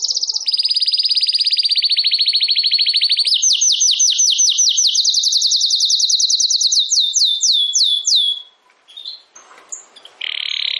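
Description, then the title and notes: Domestic canary singing long, fast, even trills that shift to higher sweeping notes, then breaks off briefly before a short trill returns. Belgian canary (Campainha) singing. "Canário Belga Campainha Canary Singing. Canario Belga Cantando"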